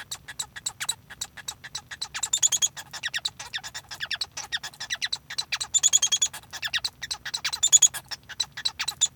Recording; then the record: song of a male Bengalese finch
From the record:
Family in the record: son of father 1